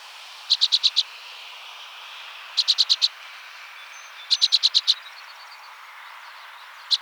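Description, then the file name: Orchard oriole chattering: rapid runs of four to six sharp, dry notes, repeated roughly every two seconds, with another burst beginning at the end; background otherwise still. "Orchard Oriole - Icterus spurius"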